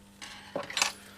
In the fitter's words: and it will click in place. There you go, and the plunger you can see has jumped out there in between the teeth,